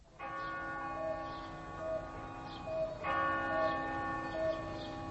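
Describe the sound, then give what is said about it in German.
Several clocks in the display of a clockmaker's shop chime at once, overlapping bell-like strikes ringing with long sustained tones, a fresh set of strikes entering midway, steady and fairly loud with no voices. “Jetzt schlagen wieder alle Uhren in der Auslage des Uhrmacherladens.”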